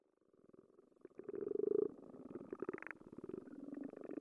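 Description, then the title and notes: Frogs calling underwater: rapid trains of low, rattling pulses that swell and fade, with one louder burst near the middle. Frogs underwater, hydrophone. "Hydrophone Recording of Frogs. Capturing Wildlife Sound: A Useful Guide"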